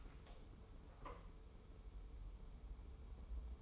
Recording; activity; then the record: daily activity, microphone in the room; open door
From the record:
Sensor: 1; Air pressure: 1015.2 hPa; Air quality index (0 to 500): 104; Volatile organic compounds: 3 ppm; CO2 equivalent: 1407 ppm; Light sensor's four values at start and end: 14/33/14/15 and 14/33/14/15